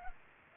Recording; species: mosquito wingbeat signal from an infrared sensor; Culex pipiens